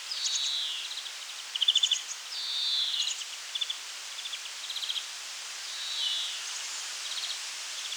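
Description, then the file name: European greenfinch song: buzzy descending wheezes interspersed with short rattling trills and twittered notes, continuing throughout. "Chloris chloris"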